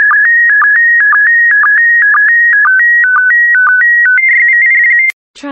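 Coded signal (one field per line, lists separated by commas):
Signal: SSTV (slow-scan television)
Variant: PD120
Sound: warbling stepped tone with short low blips about twice a second, then abrupt end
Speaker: complete. You can now check your decoded image against the picture that is shown on the video.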